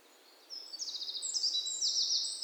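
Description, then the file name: Eurasian wren singing a fast, high-pitched sequence of sharp trills and rattling notes, loud and continuous after a brief quiet start, over faint background hiss. "Troglodytes troglodytes"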